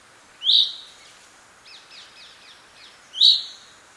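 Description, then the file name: Common chaffinch giving two sharp, upward-flicking call notes roughly three seconds apart, with a faint run of soft chirps between them. "Fringilla coelebs"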